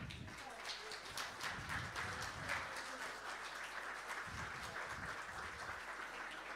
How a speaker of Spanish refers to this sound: Ahí está. Le damos un aplauso.